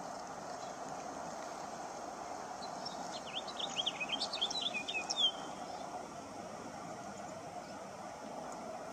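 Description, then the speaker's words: House finch singing a short rapid jumble of high twittering notes ending in a downslurred note, amid constant background noise. Red-bellied, gray-brown bird; introduced to New York from Mexico in the 1940s. "You just heard the beautiful noises of the house finch."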